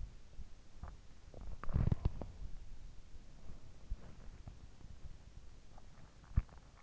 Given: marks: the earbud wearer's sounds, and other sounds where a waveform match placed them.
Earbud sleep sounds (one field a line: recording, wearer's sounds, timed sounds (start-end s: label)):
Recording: sounds in sleep by an in-ear microphone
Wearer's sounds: body movement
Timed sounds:
0.92-3.73 s: body movement